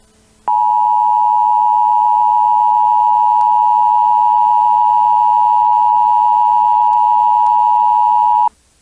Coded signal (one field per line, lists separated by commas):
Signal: Emergency Alert System (SAME) tones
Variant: 853 and 960 Hz attention tone